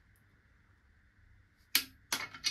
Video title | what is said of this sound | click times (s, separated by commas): Retroford Fitting Guides: Rear Wheel Drive Clutch Kits | you'll hear that click that | 1.8 s